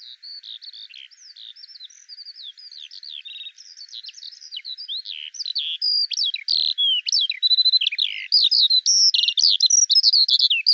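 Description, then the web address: Bird song, a rapid run of high, varied chirps and slurred whistles that grows steadily louder toward the end, notes tumbling almost without break. "Deverinetal 2025 File cleaned normalized Bird Al Ar"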